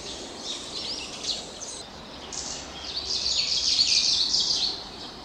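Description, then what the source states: Kamchatka leaf warbler singing dense, dry, high trilled phrases with a brief pause, over constant hiss. Recorded on 20 May 2021.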